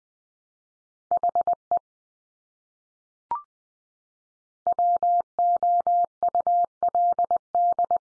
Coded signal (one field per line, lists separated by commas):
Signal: Morse code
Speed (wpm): 20 wpm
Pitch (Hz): 700 Hz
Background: none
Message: HE WOULD